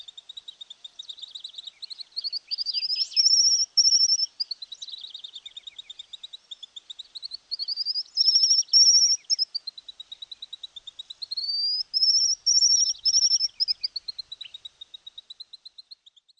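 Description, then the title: White-naped xenopsaris giving high, thin rising whistles that swell and fade in waves, with a steady faint ticking pulse running underneath throughout. Nominate subspecies albinucha. "LuckyPassaro Completos2Sama. White-naped Xenopsaris (Xenopsaris albinucha albinucha)"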